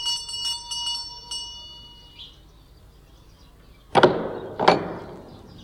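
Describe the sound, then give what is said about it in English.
A doorbell rings in a quick burst of bright, metallic dings that fade out, followed after a pause by two sharp clunks. No one speaks. “Now, where do they keep the blasted bell?”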